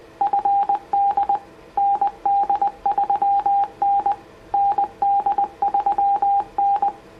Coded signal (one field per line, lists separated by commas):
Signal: Morse code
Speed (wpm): 20 wpm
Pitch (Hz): 800 Hz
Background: radio noise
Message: FD ND3N ND3N